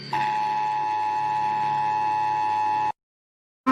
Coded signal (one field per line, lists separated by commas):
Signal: Emergency Alert System (SAME) tones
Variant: 853 and 960 Hz attention tone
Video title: eas alarms animated series 5 (reanimated!)